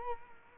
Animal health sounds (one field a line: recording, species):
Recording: mosquito wingbeat signal from an infrared sensor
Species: Culex quinquefasciatus